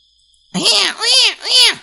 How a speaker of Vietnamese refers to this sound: Xa xa lại truyền đến tiếng khóc của trẻ sơ sinh khiến cho Lục Dương cũng phải rùng mình